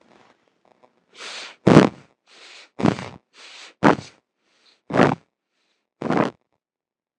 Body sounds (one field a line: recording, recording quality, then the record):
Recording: shallow breathing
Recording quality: moderate, slight background noise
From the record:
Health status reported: healthy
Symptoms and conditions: none ticked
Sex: male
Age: 33 years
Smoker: not ticked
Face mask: not worn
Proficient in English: yes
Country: India